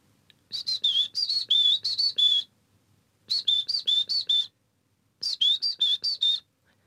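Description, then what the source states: Great Tit song: three phrases of bright, repeated two-note whistles, ti-tyy ti-tyy, each phrase lasting one to two seconds with short gaps between. A 'tityy' song variant; variations are heard, even from the same bird.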